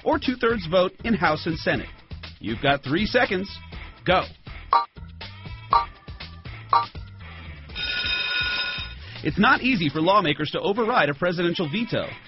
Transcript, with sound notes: Or two thirds vote in House and Senate? You`ve got three seconds. Go. (BELL RINGING) It`s not easy for lawmakers to override a presidential veto.